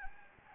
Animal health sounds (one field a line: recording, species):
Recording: mosquito wingbeat signal from an infrared sensor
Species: Anopheles gambiae